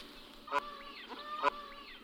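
Bird calls: two sharp clicks about a second apart over a steady harmonic tone, with faint rising notes between them.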